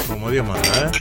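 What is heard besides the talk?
glasses clinking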